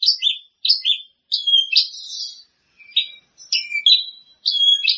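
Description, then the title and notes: Bird song with varied chirps and warbled trills, short high phrases separated by gaps of silence. "Kicau Burung Lengkap"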